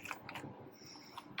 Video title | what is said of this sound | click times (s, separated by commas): Pre-Trip White Fleet Vans | make sure it's proper, it locks in place. | 1.4 s